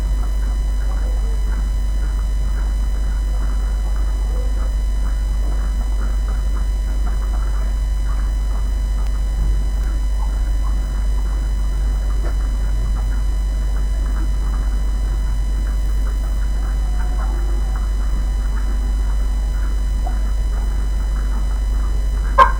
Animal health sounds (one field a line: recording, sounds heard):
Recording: poultry house recording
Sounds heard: sick chickens (respiratory disease)